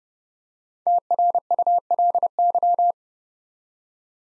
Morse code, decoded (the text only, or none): TRULY